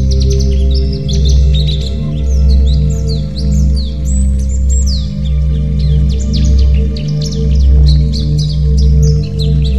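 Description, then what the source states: White-eye giving high, rapid twittering song with downslurred chirps, above a loud low droning hum that swells and dips. Labelled a 'terapi' (therapy) recording.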